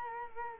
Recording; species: mosquito wingbeat signal from an infrared sensor; Culex quinquefasciatus